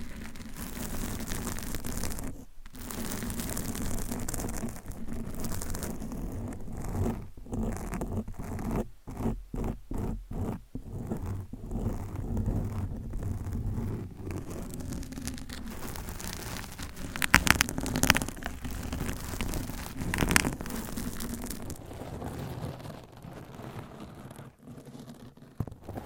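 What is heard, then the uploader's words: Mic scratching with nails and covers, a dense, continuous rustling and scraping that runs almost without pause. Short dropouts break it around 2–3 seconds and in a quick rhythmic run near 9–12 seconds, with sharper scratchy bursts near 17 and 20 seconds. ASMR Mic Scratching Battle with 10 DIFFERENT MICS , Mic Covers & Nails No Talking.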